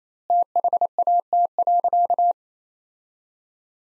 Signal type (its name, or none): Morse code